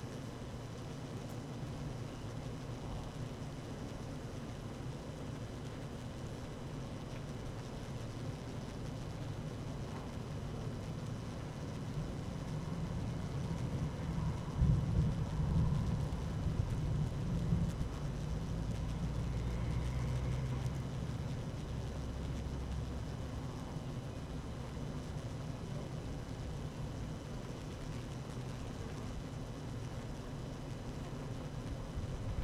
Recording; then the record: honeybee colony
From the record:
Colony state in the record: active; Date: 12 June 2018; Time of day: 12:34